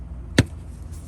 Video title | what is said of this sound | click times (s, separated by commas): How to install APPLE CARPLAY for 2021 LEXUS LX570 | Hear it pop out. | 0.4 s